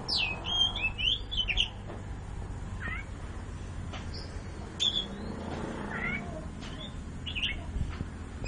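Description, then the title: Oriental magpie-robin song: a burst of loud, twisting whistled notes at the start, then scattered sharp chips over a steady low hum. "Kicau Kacer"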